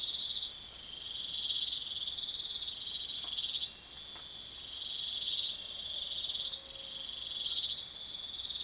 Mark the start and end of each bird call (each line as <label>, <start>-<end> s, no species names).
bird call, 7.44-7.98 s